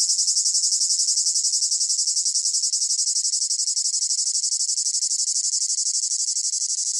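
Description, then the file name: Cicada song, a piercing high-pitched whine beating in fast regular pulses, continuous and steady throughout. Close up; rhythmic chirping in long phrases with a piercing whine. "gain walkers CICADA Close Up Rhythmic Chirping Long Phrases Piercing Whine"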